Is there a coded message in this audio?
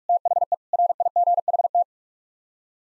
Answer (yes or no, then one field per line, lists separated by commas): yes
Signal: Morse code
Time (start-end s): 0.1-1.8 s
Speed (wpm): 41 wpm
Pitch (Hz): 700 Hz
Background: none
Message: THE RIGHT